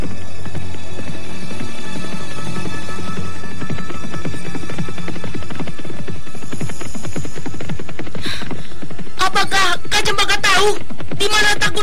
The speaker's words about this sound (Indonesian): Dan tidak beberapa lama kemudian, keduanya pun sudah berderap di atas kuda tersebut menuju arah timur.